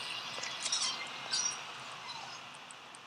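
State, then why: Not seated. A SAM XT Extremity Tourniquet strap is run through its auto-lock buckle and pulled tight while being applied to a leg. Soft rustling and scraping handling noises are heard, with a louder brief burst near 0.7 s and another around 1.4 s, over a steady high-pitched background hiss. The clip ends before the buckle locks, so nothing has seated or clicked yet.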